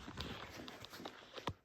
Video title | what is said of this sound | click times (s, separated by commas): Weber 22”Charcoal Kettle! / How To Install SPIDER GRILLS VENOM, Thermostatically Controlled Blower! | That's snapped into place. | 1.5 s